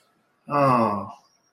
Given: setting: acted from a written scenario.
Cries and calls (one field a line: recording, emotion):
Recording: vocal sound without words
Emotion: sympathy